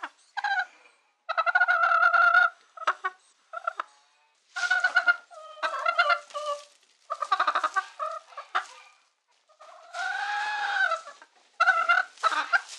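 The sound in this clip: Chicken distress calls, loud grating squawks in repeated bursts with short gaps, some notes drawn out and wavering.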